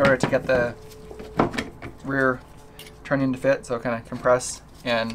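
Someone talks while compressing and pushing an aftermarket HBI charging handle assembly, with its latch, up onto the rear trunnion of a CZ Bren 2 rifle, with brief sharp handling taps near 1.4 s and 1.6 s. Nothing has seated or clicked into place yet.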